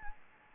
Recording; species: mosquito wingbeat signal from an infrared sensor; Anopheles gambiae